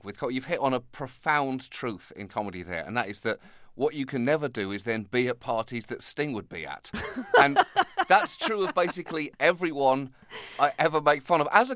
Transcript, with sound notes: You've hit on a profound truth in comedy, there. And that is that what you can never do is then be at parties that Sting would be at.
(Laughter).
And that's true of basically everyone I ever make fun of.